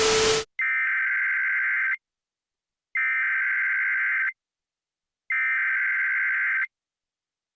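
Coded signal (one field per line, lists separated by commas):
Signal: Emergency Alert System (SAME) tones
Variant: header bursts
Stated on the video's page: Simulated end-of-the-world emergency alert scenario.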